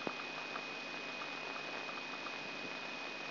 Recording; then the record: brain microelectrode recording played as sound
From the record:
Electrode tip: inside the subthalamic nucleus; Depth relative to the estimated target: -2 mm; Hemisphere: left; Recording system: AlphaMap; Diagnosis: Parkinson's disease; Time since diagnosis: 6 years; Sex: female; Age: 40 years